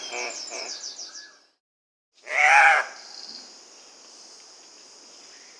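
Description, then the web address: Andean cock-of-the-rock giving a loud, harsh squawk after a short series of quick nasal notes, followed by a steady high hiss. South America. "S America Andean Cock-of-the-Rock (Rupicola"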